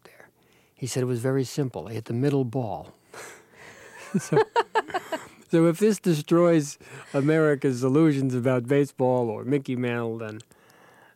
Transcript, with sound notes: He said, it was very simple. I hit the middle ball.
(Laughter).
So if this destroys America's illusions about baseball or Mickey Mantle,